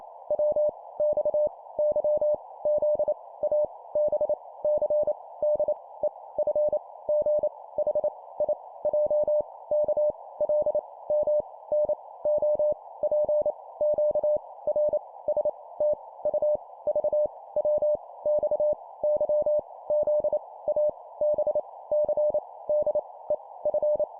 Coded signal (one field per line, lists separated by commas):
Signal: Morse code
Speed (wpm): 28 wpm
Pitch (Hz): 600 Hz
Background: none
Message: W X Y Z A B C D E F G H I J K L M N O P Q R S T U V W X Y Z A B C D E F